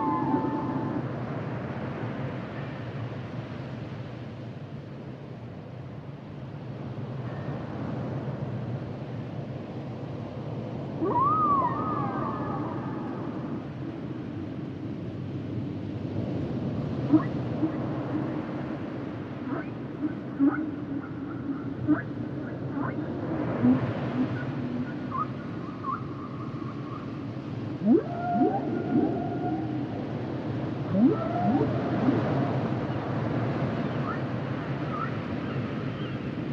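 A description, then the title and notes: Humpback whale sounds over a steady low rumbling wash. Rising and falling moans and whistling tones come and go throughout, with short upswept calls around 11 seconds and a busier run of clicks, squeaks and knocks from about 17 seconds to the end. The songs and sounds of the humpback whale.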